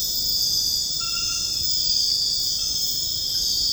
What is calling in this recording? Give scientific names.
none